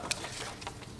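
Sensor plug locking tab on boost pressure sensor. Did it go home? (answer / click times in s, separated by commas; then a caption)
released / 0.1 s. On an Audi S4 (B8) 3.0 TFSI, the gray plastic locking tab on the B-side boost pressure sensor plug is pulled up until it snaps, then the plug is pushed in and pulled off. A sharp click sounds at 0.1 s, followed by a fainter tap near 0.8 s, and the connector is released.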